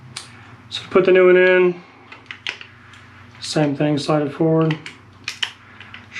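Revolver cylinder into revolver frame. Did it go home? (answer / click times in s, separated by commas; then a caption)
yes / 5.3 s, 5.4 s. A new cylinder is swapped into a 16" Heritage Rough Rider revolver and slid forward on the steel frame while someone talks, with small handling taps along the way. Two sharp metallic clicks at 5.3 s and 5.4 s mark the cylinder seating into place.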